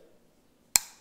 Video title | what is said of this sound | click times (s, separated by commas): Duke #1.5 vs. Bridger #1.5 for Coon and Mink Trapping | definitely my favorite part you just get it set depress the panel hear the audible click | 0.8 s